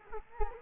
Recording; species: mosquito wingbeat signal from an infrared sensor; Culex quinquefasciatus